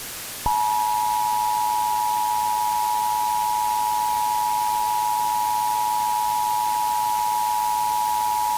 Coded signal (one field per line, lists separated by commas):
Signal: Emergency Alert System (SAME) tones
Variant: 853 and 960 Hz attention tone